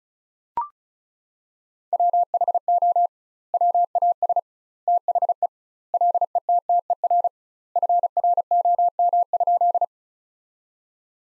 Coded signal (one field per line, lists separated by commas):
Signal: Morse code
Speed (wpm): 34 wpm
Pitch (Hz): 700 Hz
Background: none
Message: WHO WAS THE LETTER FROM?